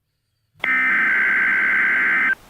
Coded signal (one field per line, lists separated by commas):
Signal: Emergency Alert System (SAME) tones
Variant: header bursts